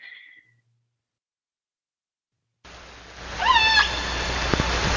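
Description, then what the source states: Orca call: a single short harmonic call that rises and then levels off, over steady hiss. West Coast example of marine animal sounds.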